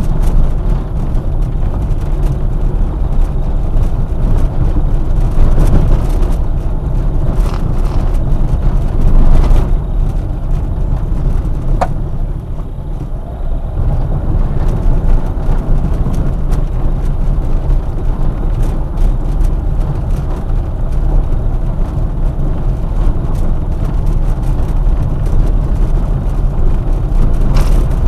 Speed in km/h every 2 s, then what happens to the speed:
22, 24, 24, 24, 24, 17, 18, 19, 24, 26, 25, 23, 24, 26.
0-8 steady at about 24. 8-11 slows to 17. 11-18 speeds up to 26. 18-28 steady at about 25.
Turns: none.